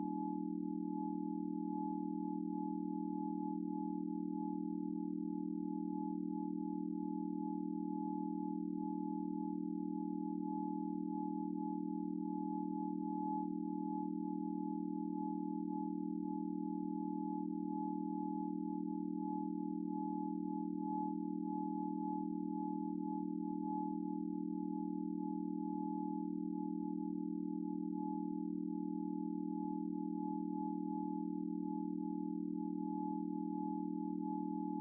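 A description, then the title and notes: A low, pure hum of layered tones holds perfectly steady for the whole stretch, with no pulsing or change in loudness. A much fainter, thin higher tone sits above it throughout, and nothing else enters. Isochronic Tones and Binaural Harmonics of delta and theta waves and Solfeggio Tones of 285 hz and 528 hz.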